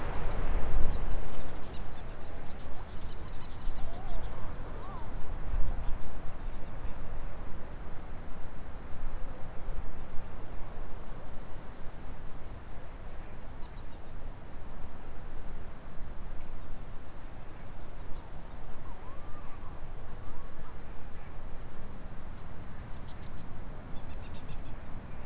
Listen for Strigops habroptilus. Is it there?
no